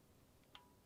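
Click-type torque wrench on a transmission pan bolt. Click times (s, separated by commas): 0.6 s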